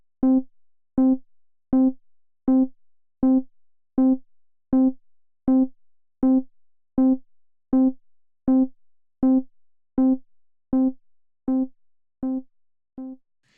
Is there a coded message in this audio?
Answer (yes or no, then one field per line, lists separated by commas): no